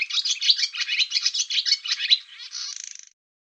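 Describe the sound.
Barn swallow song of rapid, scratchy twitters and chirps that closes with a short dry rattle, then silence.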